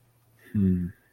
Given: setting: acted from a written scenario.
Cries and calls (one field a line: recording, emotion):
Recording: vocal sound without words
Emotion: neutral